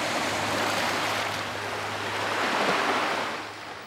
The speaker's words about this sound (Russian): Прибой, море и берег в камнях.